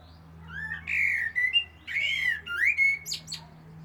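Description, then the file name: Common blackbird song: a fluted warbling phrase followed by a burst of thin, squeaky twittering notes, over a steady low hum. "Turdus merula"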